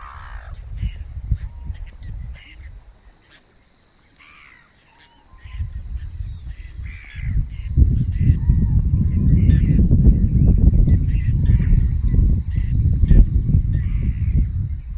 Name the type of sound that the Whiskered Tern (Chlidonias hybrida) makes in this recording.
call